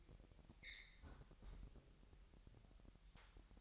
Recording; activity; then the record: daily activity, microphone in the room; close fridge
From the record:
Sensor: 3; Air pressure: 1001.9 hPa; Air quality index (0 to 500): 241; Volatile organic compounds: 46 ppm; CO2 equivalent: 3235 ppm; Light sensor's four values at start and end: 12/37/16/13 and 12/36/16/13